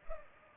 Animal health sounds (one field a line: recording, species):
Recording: mosquito wingbeat signal from an infrared sensor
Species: Culex pipiens